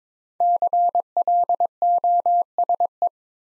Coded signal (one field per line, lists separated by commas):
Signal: Morse code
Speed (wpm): 22 wpm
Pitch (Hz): 700 Hz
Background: none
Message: CLOSE